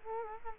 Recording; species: mosquito wingbeat signal from an infrared sensor; Culex quinquefasciatus